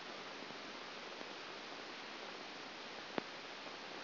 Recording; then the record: brain microelectrode recording played as sound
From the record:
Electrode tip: outside the subthalamic nucleus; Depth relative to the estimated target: 3 mm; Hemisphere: right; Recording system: AlphaMap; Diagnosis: Parkinson's disease